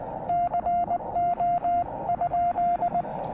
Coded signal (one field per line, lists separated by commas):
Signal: Morse code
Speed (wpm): 19 wpm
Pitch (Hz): 690 Hz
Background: radio noise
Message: CO?